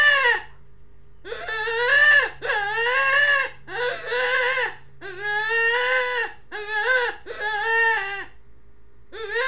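Rabbit crying with piercing, baby-like wails, several long cries and a few shorter ones, each sliding slightly in pitch.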